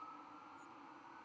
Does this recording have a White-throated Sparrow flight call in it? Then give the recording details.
no. Another species' flight call is heard. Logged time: 00:15 on 11 November 2014